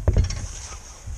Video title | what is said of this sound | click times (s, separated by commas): Changer la résistance d'un barbecue Weber | c'est bien emboîté, vous voyez, il n'y a plus qu'à le visser. | 0.1 s